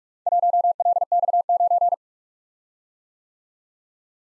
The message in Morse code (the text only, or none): 1LX9